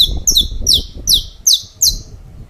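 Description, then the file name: Saffron finch song of loud, high downslurred chirps at short intervals over a low rumbling background noise. "Canto-do-Canário-da-Terra"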